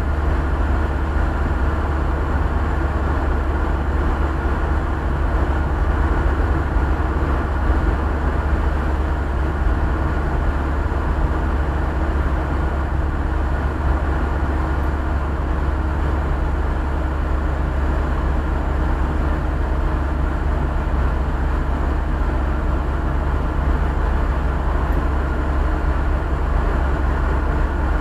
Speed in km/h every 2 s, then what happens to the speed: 71, 71, 70, 69, 68, 69, 68, 68, 68, 68, 68, 67, 67, 67.
0-28 steady at about 68.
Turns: none.